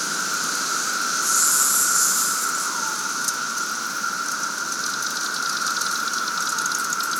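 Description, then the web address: Cicadas droning in a dense, hissing wall of sound, a steady whine under a brief louder high buzz early on and faint rapid pulsing later. Cicadas at Sangchris Lake, during the 220-year cicada bloom. "The Psychologically Ultimate 220 Year Cicada Bloom. Sangchris Lake Cicadas"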